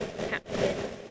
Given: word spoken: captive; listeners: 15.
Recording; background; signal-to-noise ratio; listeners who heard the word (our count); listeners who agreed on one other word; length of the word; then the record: one English word in noise, from a listening test; noise modulated by three-talker babble; -5.6 dB; 2 of 15; 11 of 15; 0.71 s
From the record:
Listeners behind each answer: 11, 2, 2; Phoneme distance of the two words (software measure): 10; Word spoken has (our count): 2 syllables, 6 phonemes, stress on syllable 1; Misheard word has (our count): 2 syllables, 6 phonemes, stress on syllable 1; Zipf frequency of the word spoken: 3.40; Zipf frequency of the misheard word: 4.85